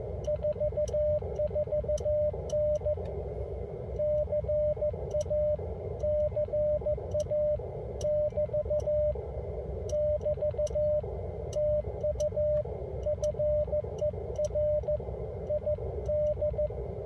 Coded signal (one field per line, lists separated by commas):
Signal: Morse code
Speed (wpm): 14 wpm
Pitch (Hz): 600 Hz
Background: radio noise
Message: 44N CA CA <BT> <BT> TU FER ID